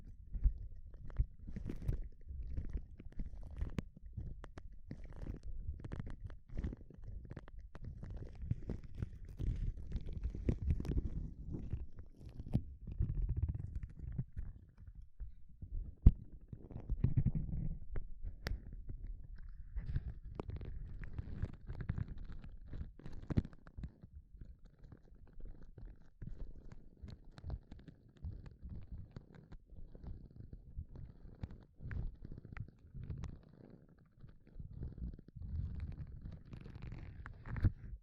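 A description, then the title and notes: Gloves rustling and rubbing in a dense, continuous run of soft crinkles and muffled low thumps, with frequent sharp clicks scattered throughout. Heavier, fuller rubbing swells around the middle, near thirteen and seventeen seconds, before thinning out into lighter, more spaced handling. ASMR 1 HOUR of Gloves Sounds for People who want tingles (No Talking).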